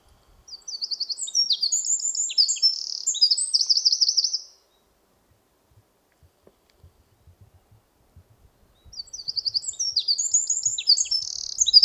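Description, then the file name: Eurasian wren singing two loud, rapid strophes of high trills and sharp notes, separated by about four seconds of near silence, the second running on to the end. "Troglodytes troglodytes"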